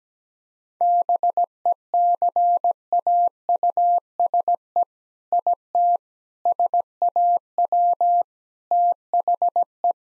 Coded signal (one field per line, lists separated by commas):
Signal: Morse code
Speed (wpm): 17 wpm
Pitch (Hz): 700 Hz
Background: none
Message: BECAUSE IT SAW THE